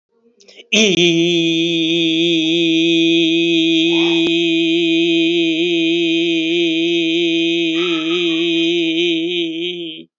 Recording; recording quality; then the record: sustained vowel as in beet; excellent, no background noise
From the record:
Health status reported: healthy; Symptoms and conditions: diabetes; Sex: male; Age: 55 years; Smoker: not ticked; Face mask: not worn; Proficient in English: yes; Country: India